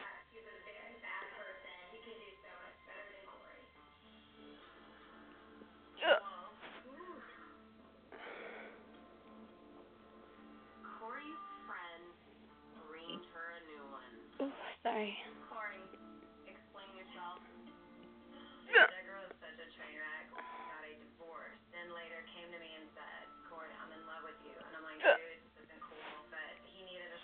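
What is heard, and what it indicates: An adult talks, and the speech is broken by four abrupt, sharp gulping clicks several seconds apart, roughly ten a minute. These are hiccups, involuntary spasms of the diaphragm that snap the voice box shut.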